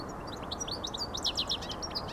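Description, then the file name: European goldfinch song: a dense, rapid run of liquid twittering and tinkling notes, growing busier toward the middle, above a low background hiss. "Carduelis carduelis"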